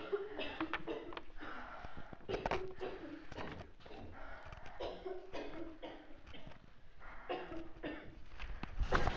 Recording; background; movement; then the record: deep breathing; a bystander coughing; walking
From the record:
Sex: female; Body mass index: 18.8 kg/m2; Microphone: on the chest, facing outward